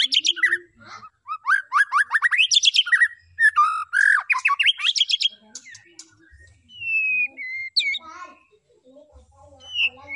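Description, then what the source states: White-rumped shama song opens with quick rising chattered trills, then thins into scattered clear whistles and soft notes with long gaps. Lure recording of a vigorously singing white-rumped shama (murai batu gacor), meant to provoke other birds into responding.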